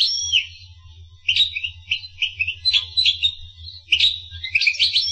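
Finch song: high, quick chirps and twittering notes, sometimes slurred, with a short pause early on, over a low steady hum.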